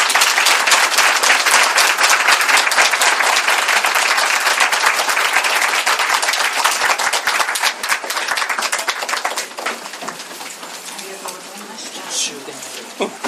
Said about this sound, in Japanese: 先生3人の先生方に大きな拍手をお願いします。